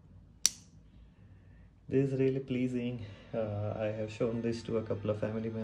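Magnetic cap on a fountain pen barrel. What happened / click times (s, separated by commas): The magnetic pen cap snapped back on / 0.5 s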